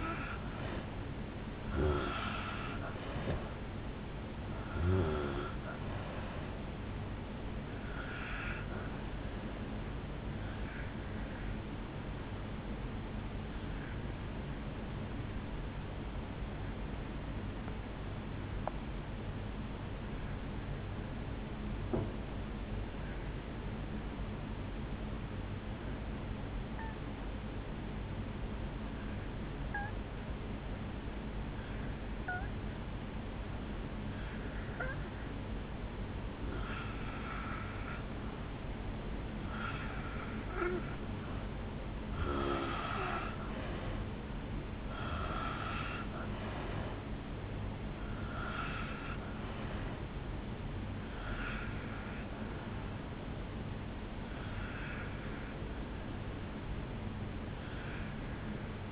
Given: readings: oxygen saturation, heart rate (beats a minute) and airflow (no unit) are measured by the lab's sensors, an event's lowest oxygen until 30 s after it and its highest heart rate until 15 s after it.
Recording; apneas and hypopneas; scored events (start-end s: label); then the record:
breathing in sleep by a voice recorder at the bedside; 1
17.00-35.00 s: obstructive apnea (N2, oxygen 94% highest, then 83% lowest, heart rate 59 at the start, 68 highest)
From the record:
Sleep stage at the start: N2 (light sleep); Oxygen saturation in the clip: 83 to 94%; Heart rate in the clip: 57 to 68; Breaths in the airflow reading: 10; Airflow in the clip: -9.4 to 4.2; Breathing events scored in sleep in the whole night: 449 in 7.0 hours asleep